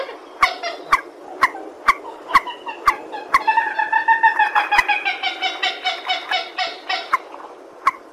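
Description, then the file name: Purple swamphen: spaced nasal notes with clicks, then a fast run of harsh, honking cackles that stops. "tieng trich re keu"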